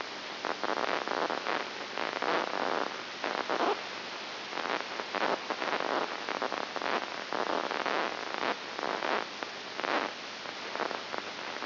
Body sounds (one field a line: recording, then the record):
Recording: brain microelectrode recording played as sound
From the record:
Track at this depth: inside the subthalamic nucleus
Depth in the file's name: 6.901 mm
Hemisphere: left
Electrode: 2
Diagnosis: Parkinson's disease